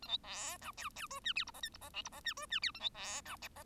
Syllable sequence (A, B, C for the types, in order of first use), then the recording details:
A B C D E E F G H I J K I J L I J G F G H A B C D J. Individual Bird1